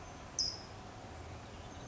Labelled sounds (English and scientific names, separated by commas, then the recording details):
California Towhee (Melozone crissalis)
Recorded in Sonoma County, California